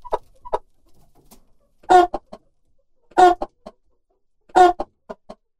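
Chickens giving loud harsh squawking clucks in bursts roughly every 1.3 seconds, each followed by a few shorter softer clucks.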